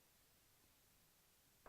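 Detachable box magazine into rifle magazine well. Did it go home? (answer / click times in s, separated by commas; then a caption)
no / none. A 35-round detachable box magazine is being inserted into the magazine well of a Pioneer Arms PPS43C semi-auto rifle. For most of the clip there is only a faint, steady hiss, until a sudden, short, sharp noise rises at about 1.7 s at the very end. Nothing has seated or clicked into place yet.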